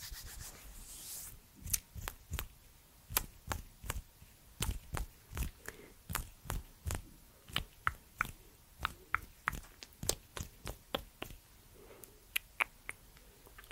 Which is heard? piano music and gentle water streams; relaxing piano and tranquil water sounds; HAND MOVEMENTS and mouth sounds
HAND MOVEMENTS and mouth sounds